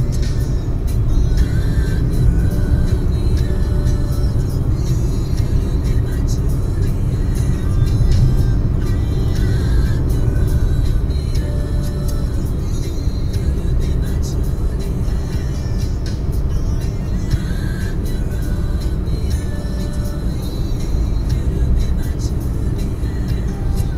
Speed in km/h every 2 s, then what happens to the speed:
112, 115, 118, 119, 118, 118, 119, 120, 122, 123, 123, 124.
0-24 speeds up to 124.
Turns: none.